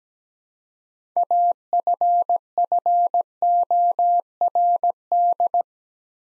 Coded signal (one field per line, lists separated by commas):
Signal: Morse code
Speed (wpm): 17 wpm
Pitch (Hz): 700 Hz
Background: none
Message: AFFORD